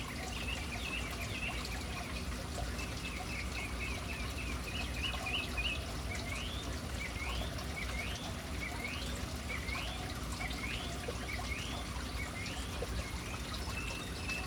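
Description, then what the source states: Birds calling: a rapid run of chirps, then a string of rising notes repeated about once a second, over continuous background noise. City birds hanging around a fountain in an urban setting.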